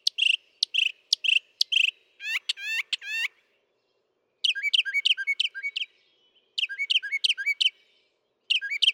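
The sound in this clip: Northern mockingbird song, varied phrases each repeated several times: rapid chirps, then sweeping downslurred notes, then bursts of buzzy chattering notes.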